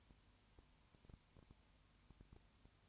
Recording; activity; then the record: daily activity, microphone in the room; no activity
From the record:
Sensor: 2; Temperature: 20.3 degrees Celsius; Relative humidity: 35.6%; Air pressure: 1001.0 hPa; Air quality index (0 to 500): 196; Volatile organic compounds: 5 ppm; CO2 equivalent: 1731 ppm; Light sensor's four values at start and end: 2/3/2/2 and 2/3/2/2